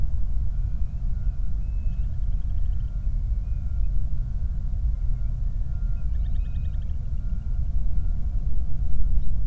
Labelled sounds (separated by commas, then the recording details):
songbird, flare stack, vehicle
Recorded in the Prudhoe Bay oil fields, Alaska, on 8 July 2019 at 00:01
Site 25